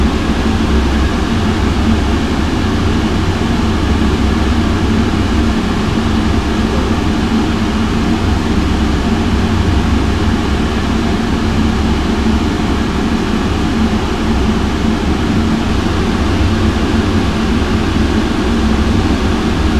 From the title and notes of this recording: White Noise: Vent.